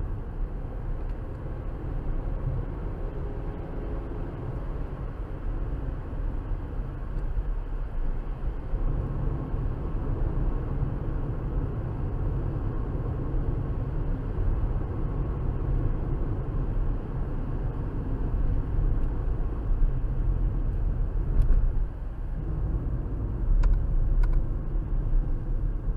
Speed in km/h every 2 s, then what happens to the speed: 71, 79, 82, 82, 82, 85, 84, 84, 82, 79, 72, 64, 56.
0-3 speeds up to 82. 3-15 steady at about 82. 15-26 slows to 56.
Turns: none.